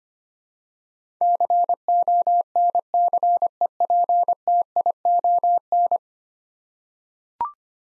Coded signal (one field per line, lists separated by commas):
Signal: Morse code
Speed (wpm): 25 wpm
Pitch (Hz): 700 Hz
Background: none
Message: CONCEPTION